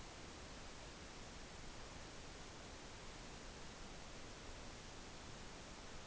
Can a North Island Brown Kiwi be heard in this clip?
no